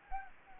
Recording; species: mosquito wingbeat signal from an infrared sensor; Anopheles gambiae